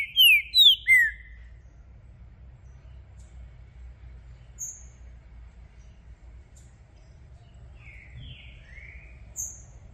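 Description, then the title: Green-winged saltator song: a quick loud burst of three descending whistles, a long pause with a thin high note, then softer slurred whistles near the end. Trinca-ferro song used to warm up a bird for a singing contest; calling, singing and acting aggressive, switching between several song types, meant to open the bird's song. "ESQUENTAR Seu TRINCA Piando, Cantando E Macheando Na DISPUTA. Trinca Ferro VALENTE! VIRANDO VARIOS TIPOS DE CANTOS!! ABRIR O CANTO!!"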